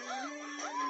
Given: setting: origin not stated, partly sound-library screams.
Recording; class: one-second piece from a danger detection set; woman in danger